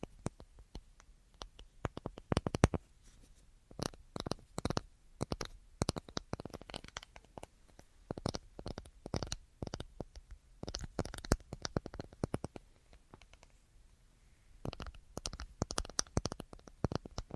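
Rapid, irregular tapping in dense clusters of sharp, bright clicks with brief pauses near 7, 13 and 14 seconds, over quiet background.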